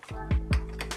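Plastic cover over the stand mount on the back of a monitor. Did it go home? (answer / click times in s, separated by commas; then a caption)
no / none. A plastic cover is being fitted over the stand mount on the back of a monitor after the mount's screws were tightened. Short handling knocks and taps are heard, with sharper sounds around 0.5, 0.8 and 0.9 seconds. Nothing has seated or clicked yet.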